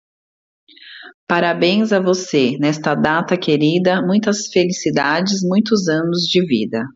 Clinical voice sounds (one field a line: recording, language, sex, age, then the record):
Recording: short text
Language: Brazilian Portuguese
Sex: female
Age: 30 to 39 years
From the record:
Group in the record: control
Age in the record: 35 years